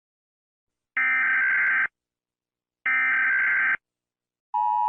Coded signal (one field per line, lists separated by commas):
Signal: Emergency Alert System (SAME) tones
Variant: header bursts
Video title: Mr Incredible becoming uncanny meme (EAS Alarms)